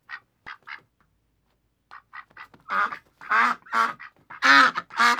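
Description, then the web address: Duck quacks start soft and sparse, then grow into loud, harsh, drawn-out quacks in quick succession. "Sony Pictures Sound Effects Series Volumes 1-10 Volume 1 Animals Ducks Quacking"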